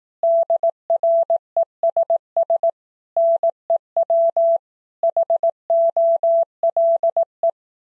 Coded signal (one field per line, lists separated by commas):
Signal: Morse code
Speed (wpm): 18 wpm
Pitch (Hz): 670 Hz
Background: none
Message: DRESS NEW HOLE